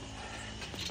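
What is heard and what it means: A telescoping pole of a foam-party tent frame is pushed upward so its spring-loaded red push-button latch can pop into the hole in the frame. Over steady background noise and a low hum, soft rubbing and shifting handling sounds grow busier from about 0.6 s on. Nothing has seated or clicked yet.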